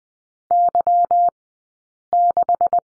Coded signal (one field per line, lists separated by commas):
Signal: Morse code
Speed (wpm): 20 wpm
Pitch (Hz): 700 Hz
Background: none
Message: Y6